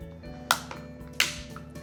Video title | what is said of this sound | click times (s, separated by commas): Make a Salad with the Chef'n Pull'n Slice Mandoline - Williams-Sonoma | clicks right in | 0.5 s, 1.2 s